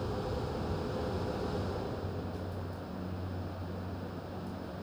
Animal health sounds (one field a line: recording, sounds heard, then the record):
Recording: poultry house recording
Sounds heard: no chicken sound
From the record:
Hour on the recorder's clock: 22